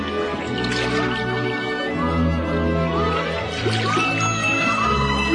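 A small bell rings with light, tinkling tones over a busy, watery background of dripping and splashing. It is steady and moderately loud throughout, with no voices.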